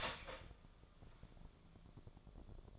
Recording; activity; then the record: daily activity, microphone in the room; start toaster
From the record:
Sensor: 5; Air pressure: 1000.3 hPa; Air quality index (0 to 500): 125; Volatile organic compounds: 2 ppm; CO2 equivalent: 987 ppm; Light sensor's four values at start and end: 84/197/84/91 and 84/196/84/90